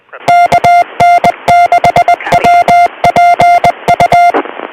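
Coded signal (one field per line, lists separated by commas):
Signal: Morse code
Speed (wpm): 20 wpm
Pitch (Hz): 700 Hz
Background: none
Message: KN6WPU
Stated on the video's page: Local 2 m traffic including FM simplex and SSB, plus AllStarLink node.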